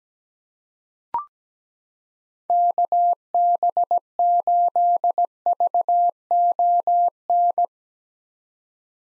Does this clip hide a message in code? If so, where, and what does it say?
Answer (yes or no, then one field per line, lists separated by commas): yes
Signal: Morse code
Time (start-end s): 2.5-7.7 s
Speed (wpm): 17 wpm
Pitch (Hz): 700 Hz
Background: none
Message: KB8VON